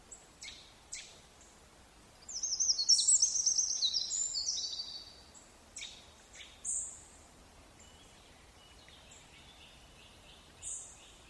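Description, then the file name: Eurasian wren song: a burst of fast, high, twittering notes lasting a few seconds, with scattered short chips before and after against a quiet background. "Troglodytes troglodytes"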